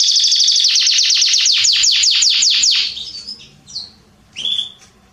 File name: Canary Voice